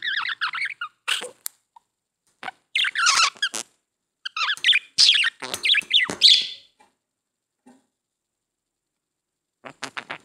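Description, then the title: Budgerigar chatter, a fast run of scratchy warbles and squeaks with sharp clicks, stopping after about six seconds before a short final burst. "Budgie Sounds"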